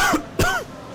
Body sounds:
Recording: coughing mixed with background sound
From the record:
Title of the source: Coughing 51

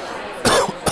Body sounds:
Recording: coughing mixed with background sound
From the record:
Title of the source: Coughing 79

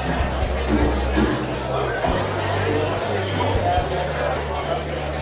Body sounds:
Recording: background sound without coughing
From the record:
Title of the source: CITY SOUNDS Busy Bar in the Evening Night - 2 HOURS of Ambiance for Relaxation

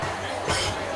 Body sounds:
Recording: coughing mixed with background sound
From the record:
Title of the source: Dry Coughing Fit in the Afternoon.

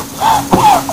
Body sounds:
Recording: coughing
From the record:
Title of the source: Spring Allergy Coughing

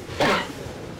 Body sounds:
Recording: coughing mixed with background sound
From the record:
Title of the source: Barking cough - # 10

